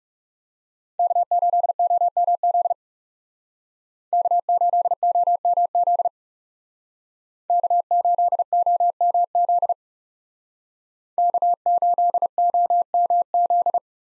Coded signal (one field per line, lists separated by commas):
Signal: Morse code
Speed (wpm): 38 wpm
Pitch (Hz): 700 Hz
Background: none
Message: K8OMZ K8OMZ K8OMZ K8OMZ